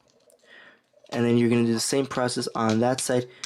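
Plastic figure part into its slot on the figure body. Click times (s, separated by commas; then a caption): 0.1 s, 0.3 s. During the transformation of a plastic Transformers Legacy Evil Predacon Terrorsour robot figure, flipped-in parts are pushed into their slots on the figure body near a corner. Two short, sharp clicks at 0.1 and 0.3 seconds show the parts seating into place. Someone then talks from about 1.1 seconds onward.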